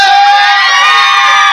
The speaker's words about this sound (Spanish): ¡El grito de todas las mujeres esta noche!